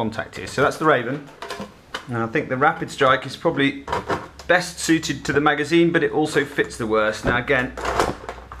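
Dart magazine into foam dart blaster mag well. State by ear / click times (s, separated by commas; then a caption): seated / 8.5 s. Someone talks while a 15-dart plastic banana magazine is pushed into the mag well of a foam dart blaster. Brief sharp sounds come near the end, and the magazine clicks as it seats at 8.5 s. It locks in with a very positive fit.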